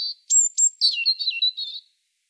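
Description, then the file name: European robin song, a short clear high note and two sharp whistles leading into a rapid warbled phrase. "Erithacus rubecula"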